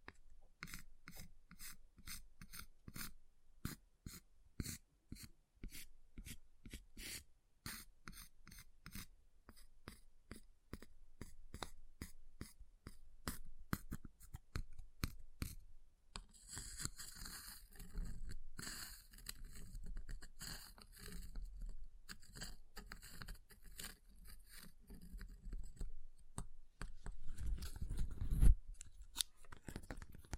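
Ice is tapped in a quick, steady run of sharp clicks for the first half. Around the midpoint it turns to rough scratching and carving, a denser rasping with bright hiss and scattered knocks, growing loudest near the end.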